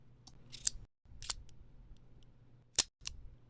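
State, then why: Seated. A small screwless, weldless Rivery MFG Zero Series utility knife has its metal cover plate slid by hand so that it clicks and snaps into its locked positions. Sharp metallic click-clacks land at 0.7, 1.3 and 2.8 seconds, with softer clicks around them over a low background hum. The plate seats and locks each time with a crisp snap back.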